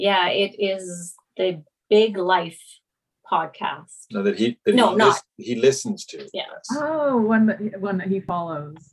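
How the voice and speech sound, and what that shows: Adult woman, a stroke survivor, in conversational speech with aphasia: short, halting phrases with pauses, false starts, a broken-off word and repeated self-corrections while searching for words, then a fluent completed phrase.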